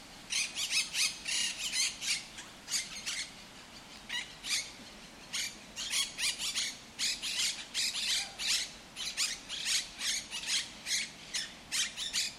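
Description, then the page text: Monk parakeet squawking in long runs of grating, screechy calls, with a brief lull after the first few seconds before the rapid series resumes. In El Retiro park, Madrid, Spain, which holds Europe's largest Monk Parakeet population; park includes tree-lined Paseo del Prado avenue. "Cities and Memory - remixing the world. Monk parakeets in Madrid. Madrid has the greatest population of Monk Parakeets in Europe, many of whom can be seen and heard in the El Retiro park"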